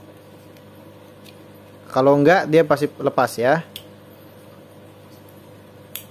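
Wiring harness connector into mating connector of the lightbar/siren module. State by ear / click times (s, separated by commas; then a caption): seated / 6.0 s. A colour-matched plastic wiring harness connector from a CJB 200 W siren module is pushed into the mating connector of an LB2000 red-capsule LED lightbar. Someone talks from about 1.9 to 3.6 s, then after a quiet pause a single sharp click sounds at 6.0 s as the connector locks in place.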